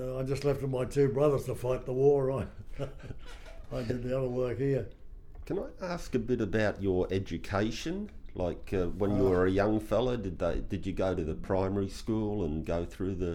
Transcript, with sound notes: I just left my two brothers to fight the war [laughing] I did the other work here.
Can I ask a bit about your education, like, when you were a young fella, did you go to the primary school and go through the…